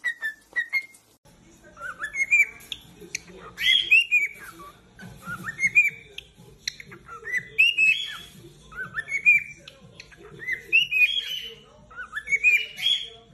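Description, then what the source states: Cockatiel whistling: repeated upward-sweeping whistles overlapping with chattering notes over a low background rumble. Several cockatiels singing and whistling.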